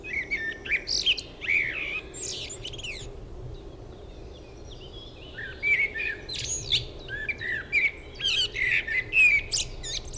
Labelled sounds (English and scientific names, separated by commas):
Common Blackbird (Turdus merula) song